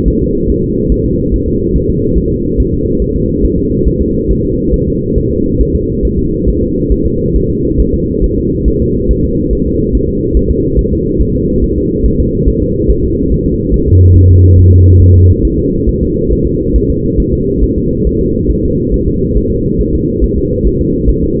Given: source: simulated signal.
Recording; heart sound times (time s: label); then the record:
fetal heart sounds
0.08 s: S1
0.22 s: S2
0.50 s: S1
0.64 s: S2
0.92 s: S1
1.06 s: S2
1.34 s: S1
1.48 s: S2
1.76 s: S1
1.90 s: S2
2.18 s: S1
2.32 s: S2
2.60 s: S1
2.74 s: S2
3.02 s: S1
3.16 s: S2
3.45 s: S1
3.59 s: S2
3.88 s: S1
4.02 s: S2
4.31 s: S1
4.45 s: S2
4.74 s: S1
4.88 s: S2
5.18 s: S1
5.32 s: S2
5.61 s: S1
5.75 s: S2
6.05 s: S1
6.19 s: S2
6.48 s: S1
6.63 s: S2
6.92 s: S1
7.06 s: S2
7.36 s: S1
7.50 s: S2
7.80 s: S1
7.94 s: S2
8.24 s: S1
8.38 s: S2
8.68 s: S1
8.82 s: S2
9.11 s: S1
9.25 s: S2
9.53 s: S1
9.67 s: S2
9.95 s: S1
10.09 s: S2
10.37 s: S1
10.51 s: S2
10.79 s: S1
10.93 s: S2
11.21 s: S1
11.35 s: S2
11.64 s: S1
11.78 s: S2
12.06 s: S1
12.20 s: S2
12.48 s: S1
12.62 s: S2
12.90 s: S1
13.04 s: S2
13.32 s: S1
13.46 s: S2
13.74 s: S1
13.88 s: S2
14.16 s: S1
14.30 s: S2
14.59 s: S1
14.73 s: S2
15.02 s: S1
15.16 s: S2
15.45 s: S1
15.59 s: S2
15.89 s: S1
16.03 s: S2
16.32 s: S1
16.47 s: S2
16.76 s: S1
16.90 s: S2
17.20 s: S1
17.34 s: S2
17.63 s: S1
17.78 s: S2
18.07 s: S1
18.21 s: S2
18.51 s: S1
18.65 s: S2
18.94 s: S1
19.08 s: S2
19.38 s: S1
19.52 s: S2
19.81 s: S1
19.95 s: S2
20.24 s: S1
20.38 s: S2
20.67 s: S1
20.81 s: S2
21.09 s: S1
21.24 s: S2
From the record:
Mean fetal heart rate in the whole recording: 140 bpm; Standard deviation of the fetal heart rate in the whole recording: 2 bpm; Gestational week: 34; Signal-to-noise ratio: -14.7 dB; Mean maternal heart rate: 72 bpm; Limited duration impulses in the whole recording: present